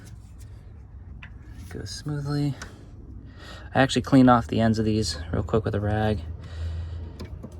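Someone talks while handling the second transmission cooler line of a Ford Mustang, wiping its ends clean with a rag before pushing its quick-connect into the transmission fitting. Brief sharp sounds occur around 1.2 s and 7.2 s, but the quick-connect has not seated or clicked yet when the clip ends.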